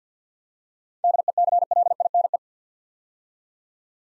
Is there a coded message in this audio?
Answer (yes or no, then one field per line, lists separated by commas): yes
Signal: Morse code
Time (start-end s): 1.0-2.4 s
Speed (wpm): 53 wpm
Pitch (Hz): 700 Hz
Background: none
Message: DECLINE